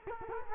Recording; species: mosquito wingbeat signal from an infrared sensor; Culex quinquefasciatus